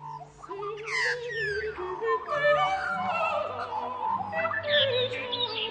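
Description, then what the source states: Australian magpie song: rich, gurgling warbles with varied rising and falling fluty notes flowing continuously for several seconds. Female singing from the back of a chair, under a metre from people, after eating her fill of leftover cheese, on Valentine's Day on a unit roof.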